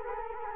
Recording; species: mosquito wingbeat signal from an infrared sensor; Culex quinquefasciatus